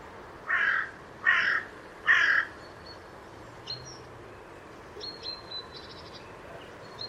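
Bird uttering three loud, rasping caws in quick succession, then falling quiet while faint high twitters continue in the background.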